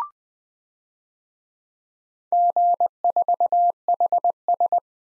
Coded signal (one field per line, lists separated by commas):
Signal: Morse code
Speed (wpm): 21 wpm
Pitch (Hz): 700 Hz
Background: none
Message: G4HS